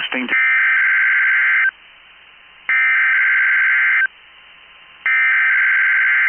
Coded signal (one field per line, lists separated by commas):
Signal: Emergency Alert System (SAME) tones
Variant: header bursts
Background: speech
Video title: 12/1/21 New Month New Opportunities....Required Weekly Test EAS #126